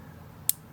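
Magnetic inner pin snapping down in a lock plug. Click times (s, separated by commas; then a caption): 0.5 s. In a disassembled lock cylinder, the key brings the magnet into line with the magnetic inner pin, which snaps down onto it in the lock plug. A single sharp, bright click at 0.5 s stands out against a quiet, low background hum, and the pin is seated.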